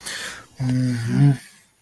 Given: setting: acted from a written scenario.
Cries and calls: vocal sound without words; anger

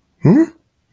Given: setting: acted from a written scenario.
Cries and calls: vocal sound without words; confusion

